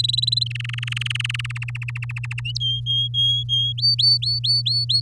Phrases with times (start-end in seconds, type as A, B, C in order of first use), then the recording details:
0.00-0.44 A, 0.46-1.77 B, 1.81-2.40 C, 2.60-3.73 D, 3.78-5.01 E. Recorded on 9 May 2018 at 06:19. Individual llb16